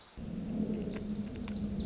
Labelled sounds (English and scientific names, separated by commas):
Lazuli Bunting (Passerina amoena)